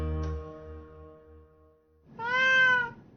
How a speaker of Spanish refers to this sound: Pero mi gato negro es diferente. Él acepta mi amor sin reservas. Pide comida con ternura y maulla de manera adorable cuando quiere agua.